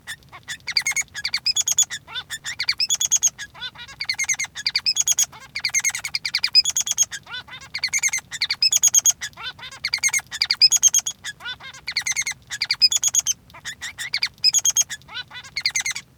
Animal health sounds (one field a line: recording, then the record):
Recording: song of a male Bengalese finch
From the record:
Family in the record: son of father 3